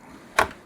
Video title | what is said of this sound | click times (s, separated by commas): The ULTIMATE $2000 White Gaming PC Build! - Full Build Guide & Benchmarks! (Intel 14600K & RTX 4070) | and brush it in until we get a click | 0.4 s